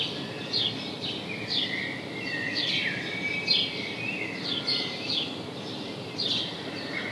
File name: Passer domesticus